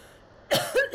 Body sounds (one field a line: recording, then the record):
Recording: coughing mixed with background sound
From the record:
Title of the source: Coughing Woman Sound - Woman Cough Sound Effect